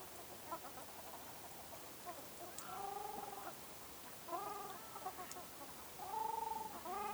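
Ruddy shelduck honking calls, drawn-out nasal trumpeting notes given in short bursts with gaps between them, over softer chatter.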